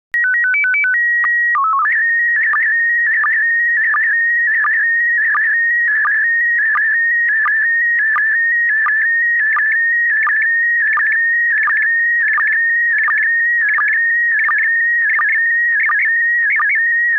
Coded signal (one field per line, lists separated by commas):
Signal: SSTV (slow-scan television)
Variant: PD 90